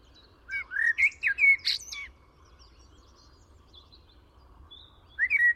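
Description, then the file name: Common blackbird song: a mellow fluted phrase sliding around, ending in thin squeaky twitters, then a second phrase begins near the end. "Turdus merula"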